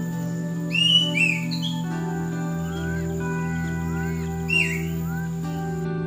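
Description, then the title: Bird calling with bright downslurred chirps at the start and again near the end, soft rising whistles between, and a constant low hum. "SuaraBurung Kicau"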